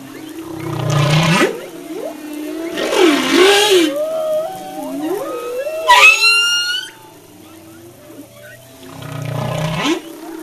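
Humpback whale song: deep grunts and swooping moans, a sudden shrill upswept squeal around the middle, then quiet before another low rumbling groan.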